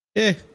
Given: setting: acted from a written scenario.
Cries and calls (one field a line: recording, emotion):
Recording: vocal sound without words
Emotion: neutral